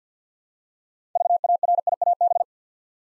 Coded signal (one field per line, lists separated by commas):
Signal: Morse code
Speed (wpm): 50 wpm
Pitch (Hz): 700 Hz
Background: none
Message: VARIAB